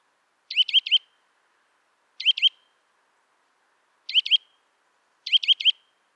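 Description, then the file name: Eurasian nuthatch calls in short bursts of three or four sharp notes, repeated roughly every one to two seconds. "Sitta europaea"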